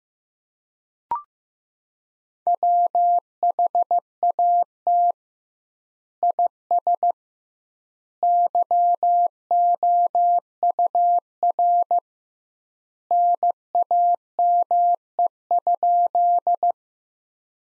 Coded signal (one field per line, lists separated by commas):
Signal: Morse code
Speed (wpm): 15 wpm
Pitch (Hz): 700 Hz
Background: none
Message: WHAT IS YOUR NAME?